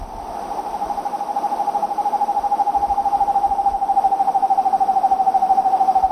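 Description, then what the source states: Foothill Screech Owl trill: fast, evenly spaced hoots run together, swelling in loudness and holding one pitch throughout. Recorded in Ecuador.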